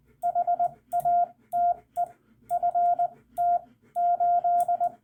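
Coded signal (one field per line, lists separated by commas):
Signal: Morse code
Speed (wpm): 20 wpm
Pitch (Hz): 700 Hz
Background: none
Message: HATE FT 8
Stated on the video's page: CW lesson on using the hyphen in ragchew, with hand keying and a CW ragchew.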